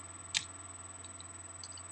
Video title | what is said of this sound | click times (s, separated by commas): Transformers Universe Classics 2.0 Galvatron review | And it doesn't really lock into place too well. | 0.4 s